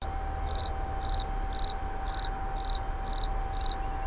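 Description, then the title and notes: Insect chirps, each a quick burst of pulses, repeated about twice a second over a steady hum and faint low noise. Recorded in 2011 at Moulins-sur-Allier, near a wastewater treatment plant. "Insect near WWTP. 2011, Moulins sur allier"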